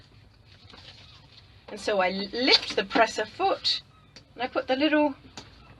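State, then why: Not seated. An embroidery hoop is being handled toward a sewing machine's embroidery carriage after the presser foot is lifted, with its attachment about to be pushed on. Someone talks over a low background, with a faint tick near 0.7 s. Nothing has seated or clicked into the carriage yet.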